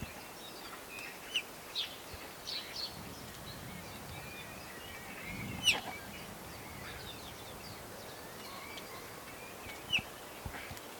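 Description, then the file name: Eurasian bullfinch uttering brief, soft piped calls at irregular intervals over a low background hiss. "Pyrrhula pyrrhula"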